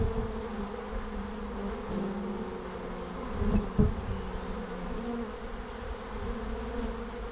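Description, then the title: Bees buzzing in a steady, layered drone with overlapping hums, one louder pass swelling briefly near the middle; low rumble underneath. Bees at the end of March in Langel, Cologne, Germany. "Langel, Köln, Deutschland - Bienen Ende März. Bees at the end of march"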